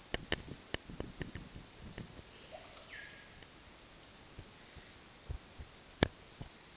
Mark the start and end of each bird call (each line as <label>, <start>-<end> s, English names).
Russet-backed Oropendola, 2.47-3.19 s